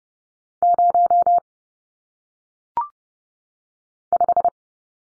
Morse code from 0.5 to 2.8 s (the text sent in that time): 0